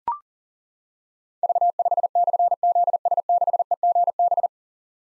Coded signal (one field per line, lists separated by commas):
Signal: Morse code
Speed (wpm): 39 wpm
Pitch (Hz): 700 Hz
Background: none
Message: V5/ZS6EGB